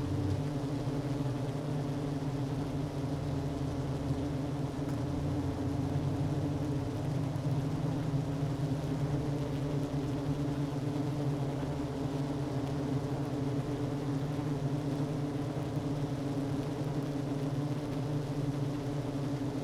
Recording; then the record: honeybee colony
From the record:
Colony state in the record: active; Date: 12 June 2018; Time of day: 11:11